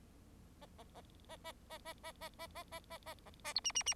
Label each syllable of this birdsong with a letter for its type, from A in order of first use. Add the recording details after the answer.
A A A A A A A A A A A A A A A A B C C C. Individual Bird4